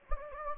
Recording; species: mosquito wingbeat signal from an infrared sensor; Anopheles gambiae